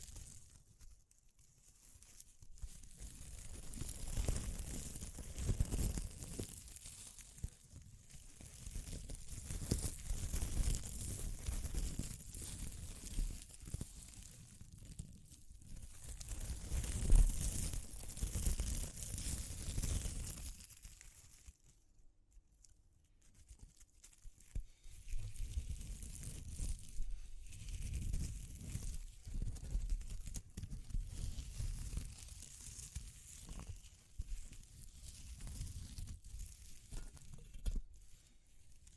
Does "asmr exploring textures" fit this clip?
yes